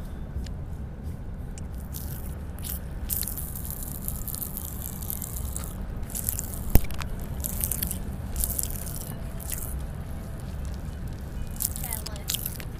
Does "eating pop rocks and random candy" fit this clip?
yes